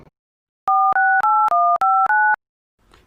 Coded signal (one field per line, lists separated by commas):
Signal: DTMF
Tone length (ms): 280 ms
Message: 468159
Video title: Why Do Phone Keypad Numbers Have Different Tones? | In Hindi